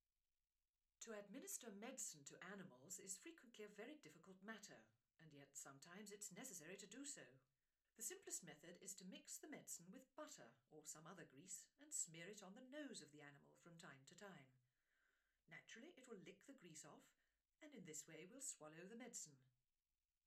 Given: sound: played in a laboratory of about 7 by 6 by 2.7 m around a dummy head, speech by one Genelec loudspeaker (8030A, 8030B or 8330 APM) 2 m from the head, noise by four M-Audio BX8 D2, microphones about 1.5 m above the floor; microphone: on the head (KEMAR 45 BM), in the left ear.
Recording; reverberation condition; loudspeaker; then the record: female speech in English; low; 120 degrees to the left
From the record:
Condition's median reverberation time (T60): about 310 ms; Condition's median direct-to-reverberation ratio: about 3.5 dB